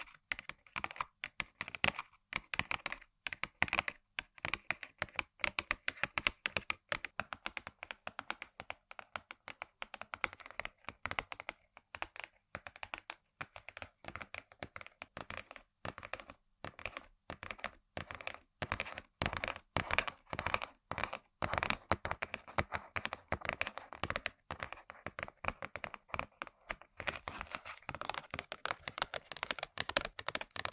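Crisp tapping on hard objects runs through the whole clip in rapid, uneven bursts that sound like fast typing on a keyboard. The clicks are bright and dry with little low end, broken by brief pauses around the middle and near twenty seconds.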